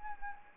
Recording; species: mosquito wingbeat signal from an infrared sensor; Anopheles arabiensis